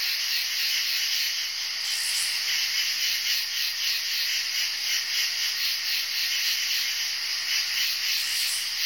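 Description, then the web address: Insect drone, continuous shrill hissing buzz with a slight regular throb, unbroken for the whole stretch. "animali insetti insetti insect"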